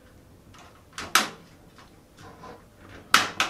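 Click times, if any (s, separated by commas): 1.1 s, 3.1 s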